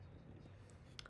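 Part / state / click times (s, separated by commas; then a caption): memory module into motherboard DIMM slot / seated / 1.0 s. A DDR5 memory stick is pressed into the fourth DIMM slot on a motherboard until the slot latch snaps. Over a low background rumble, a faint tick comes at 0.7 s, then a sharp click at 1.0 s, with a smaller tick right after. The click means the memory module is seated.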